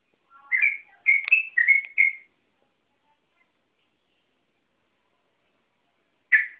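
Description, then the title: Yellow-vented Bulbul song: a short burst of rich, slurred whistled notes lasting about two seconds, then silence and one final whistled note near the end. "burung rucukan"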